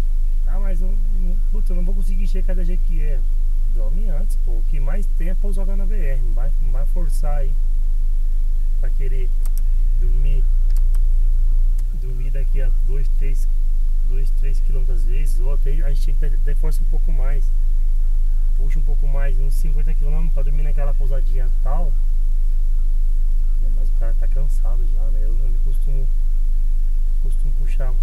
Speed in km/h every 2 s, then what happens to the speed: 0, 0, 0, 0, 0, 0, 0, 0, 0, 0, 0, 0, 0, 0.
0-28 standing.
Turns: none.